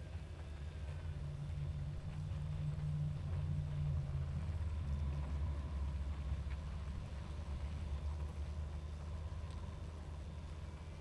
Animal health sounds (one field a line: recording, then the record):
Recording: honeybee colony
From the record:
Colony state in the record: active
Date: 28 July 2017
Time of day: 22:34